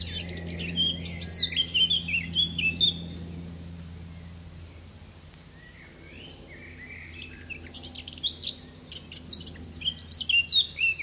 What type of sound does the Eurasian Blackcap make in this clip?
song